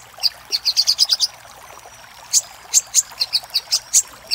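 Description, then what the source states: Little spiderhunter calls: sparse high sharp chips, a quick run early, a pause, then spaced single notes. Master recording for training cage birds, titled Labaik.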